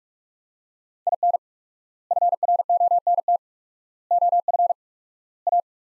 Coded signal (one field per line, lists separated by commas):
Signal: Morse code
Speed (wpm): 46 wpm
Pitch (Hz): 700 Hz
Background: none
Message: IN FRONT OF A